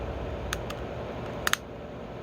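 Sharp, light plastic clicks stand well above steady room noise at 0.5 s and 0.7 s, followed by a close double snap near 1.5 s. Each click marks a small part stepping into a detent position.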